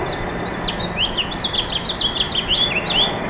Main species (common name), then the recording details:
House Finch. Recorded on Long Island, New York, on 10 June 2012. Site GW. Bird C